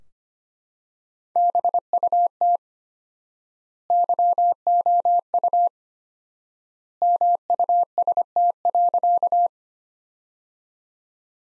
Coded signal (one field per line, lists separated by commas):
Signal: Morse code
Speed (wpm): 25 wpm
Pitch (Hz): 700 Hz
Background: none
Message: BUT YOU MUST.